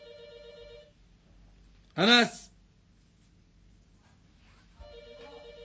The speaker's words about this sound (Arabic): التليفون